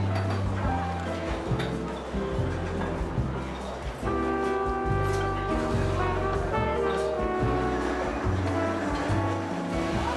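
Seaside cafe ambience, with soft background music carrying a steady, stepping bass line and sustained tones throughout. A low murmur of voices sits underneath, with an occasional light clink. The level stays even across the ten seconds.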